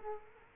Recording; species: mosquito wingbeat signal from an infrared sensor; Culex quinquefasciatus